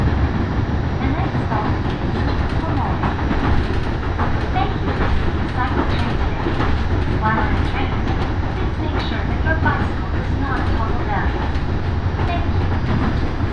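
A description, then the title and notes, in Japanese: A ride on the Yoro Railway, with the train's steady, dense low rumble filling all fourteen seconds at an even level. Voices of passengers talk over it throughout, their speech coming in short bursts on top of the constant running noise. 養老鉄道 揖斐→大垣→養老。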